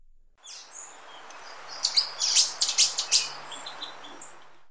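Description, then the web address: Slaty antwren song: a quick run of bright, high chirped notes lasting under two seconds, with a soft hiss and faint higher notes around it. Recorded in Ecuador. "Birds of Ecuador. Slaty Antwren"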